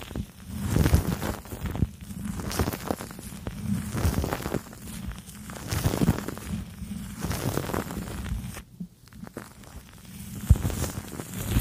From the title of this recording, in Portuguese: Sons de Espuma, Escova, Tesoura, Máquina e Massagem